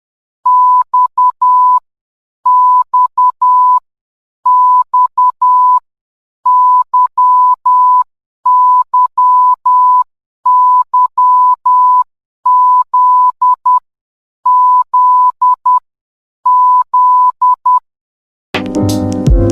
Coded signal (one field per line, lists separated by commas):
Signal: Morse code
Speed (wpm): 10 wpm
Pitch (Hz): 1000 Hz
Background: music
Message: X X X Y Y Y Z Z Z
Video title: Morse Code (Alphabet) - HTT